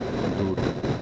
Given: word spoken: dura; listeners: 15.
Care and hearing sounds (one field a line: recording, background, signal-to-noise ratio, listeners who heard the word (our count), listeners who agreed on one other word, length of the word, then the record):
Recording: one Spanish word in noise, from a listening test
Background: noise modulated by three-talker babble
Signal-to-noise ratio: -3.1 dB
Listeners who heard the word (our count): 2 of 15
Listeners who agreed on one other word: 10 of 15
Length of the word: 0.62 s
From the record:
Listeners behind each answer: 10, 2, 1, 1, 1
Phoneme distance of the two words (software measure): 10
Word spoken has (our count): 2 syllables, 4 phonemes, stress on syllable 1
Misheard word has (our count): 2 syllables, 4 phonemes, stress on syllable 1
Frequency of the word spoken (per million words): 47.98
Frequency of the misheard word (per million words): 53.28